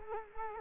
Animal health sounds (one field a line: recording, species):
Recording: mosquito wingbeat signal from an infrared sensor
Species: Culex quinquefasciatus